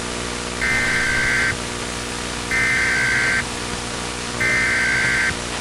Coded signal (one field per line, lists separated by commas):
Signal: Emergency Alert System (SAME) tones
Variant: header bursts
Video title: EAS Mock - SCP-001 in the Early 2000s